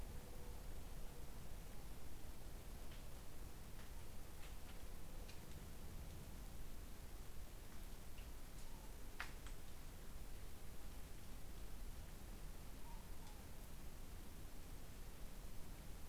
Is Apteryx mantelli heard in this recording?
no